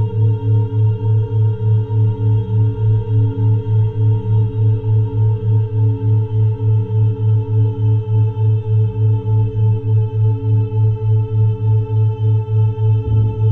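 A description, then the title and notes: A low, steady tone pulses rapidly and evenly, about three times per second, throughout, with a sustained higher pitch and faint, evenly spaced overtones above it. The pattern never changes, and a brief click marks the very end. 432 Hz + 3.4 Hz Brainwave.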